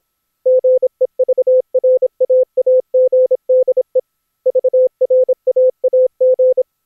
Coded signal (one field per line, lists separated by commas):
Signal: Morse code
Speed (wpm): 27 wpm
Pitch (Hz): 510 Hz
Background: none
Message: GEVRAAGDE VRAAG